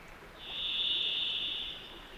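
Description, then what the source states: Varied Thrush giving a single sustained whistled note over a soft background of running water. Singing from a tall aspen above a marshy clearing with a rivulet, Cascade Mountains high country, mid-June thaw; whistles combine with the sound of running water.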